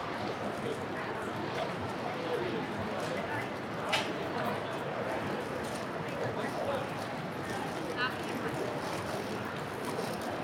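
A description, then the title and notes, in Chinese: A busy city street on a weekday afternoon, filled with a steady, dense murmur of many overlapping voices and a low traffic rumble underneath. A sharp clack stands out near four seconds, and a brief high chirp sounds around eight seconds. 工作日下午的三里屯｜城市声音。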